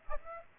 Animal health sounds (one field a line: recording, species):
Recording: mosquito wingbeat signal from an infrared sensor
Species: Aedes aegypti